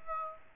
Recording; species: mosquito wingbeat signal from an infrared sensor; Aedes aegypti